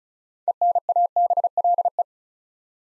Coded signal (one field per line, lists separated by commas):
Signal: Morse code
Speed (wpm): 36 wpm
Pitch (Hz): 700 Hz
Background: none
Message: ENABLE